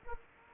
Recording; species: mosquito wingbeat signal from an infrared sensor; Anopheles gambiae